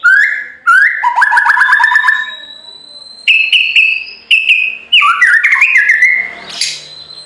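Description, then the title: White-rumped shama song opening with rising whistles and rolling trills, followed by level ringing notes and a harsh scratchy ending. Masteran (training) recording of full rolling (ngerol) song with nembak notes. "Masteran Murai Batu Full Ngerol Nembak"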